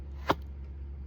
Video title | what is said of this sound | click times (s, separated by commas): Wet molding a holster | snap right in. | 0.3 s